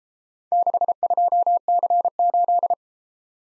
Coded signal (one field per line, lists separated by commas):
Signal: Morse code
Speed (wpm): 31 wpm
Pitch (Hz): 700 Hz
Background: none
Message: 62C8